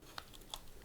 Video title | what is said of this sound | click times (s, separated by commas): Lian Li O11 Dynamic Evo XL Build - Step by Step Guide | there we go and it's important to make sure we get a nice click when we plug it | 0.2 s, 0.5 s